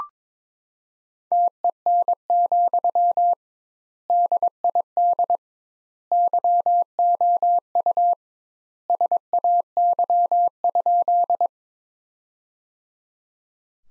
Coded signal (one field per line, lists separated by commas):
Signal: Morse code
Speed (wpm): 22 wpm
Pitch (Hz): 700 Hz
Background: none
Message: TEN, DID YOU SAY?